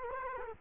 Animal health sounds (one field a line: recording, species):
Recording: mosquito wingbeat signal from an infrared sensor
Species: Culex quinquefasciatus